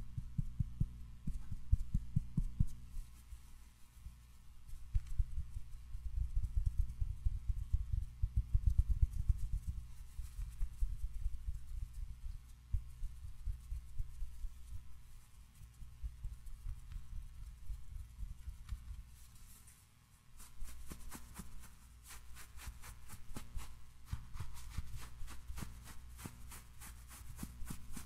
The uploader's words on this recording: ASMR 1 HR Of Tiny Mic Triggers.